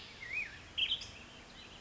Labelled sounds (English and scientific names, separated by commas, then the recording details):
Black-headed Grosbeak (Pheucticus melanocephalus)
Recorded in Sonoma County, California